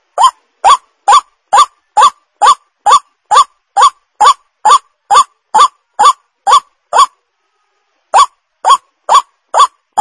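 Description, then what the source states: White-breasted waterhen calling with harsh rising notes about twice a second, breaking off for roughly a second before the series resumes. Lure call of the white-breasted waterhen, known locally as ruak-ruak.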